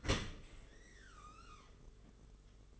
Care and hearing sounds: daily activity, microphone in the room; open dishwasher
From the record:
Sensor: 4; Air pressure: 992.1 hPa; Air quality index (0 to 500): 110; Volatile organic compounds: 18 ppm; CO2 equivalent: 2638 ppm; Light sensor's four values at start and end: 23/78/28/30 and 23/78/28/30

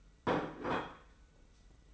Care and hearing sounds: daily activity, microphone in the room; place plate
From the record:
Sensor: 1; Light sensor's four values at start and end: 24/57/24/26 and 24/57/24/26

